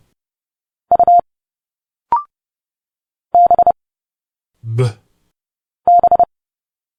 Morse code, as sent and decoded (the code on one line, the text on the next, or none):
..- / -... / -...
U B B